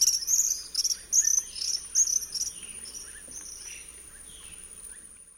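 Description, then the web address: Tropical kingbird twittering, several quick bursts of high, sharp notes in the first two seconds, over a steady insect hum with other softer bird calls after. Recorded in the eastern lowlands of South America. "Natures Songs S America Eastern Lowlands. Tropical Kingbird"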